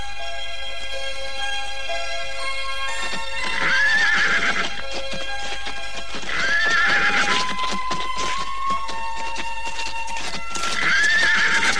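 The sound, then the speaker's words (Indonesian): Horses whinny three times in rising, wavering calls spaced a few seconds apart as soldiers mount them in front of a palace gate, while a steady, busy clatter of hooves clip-clops underneath throughout. No one speaks. “Dan ketika mereka tiba, semuanya segera naik ke kuda.”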